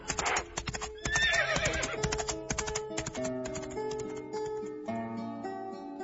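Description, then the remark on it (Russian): A horse lets out a shrill, wavering whinny early on while hooves clop in a quick, uneven rhythm. Steady sustained tones rise underneath as the clopping continues, and no one speaks. “Отец, ты подарил коня?”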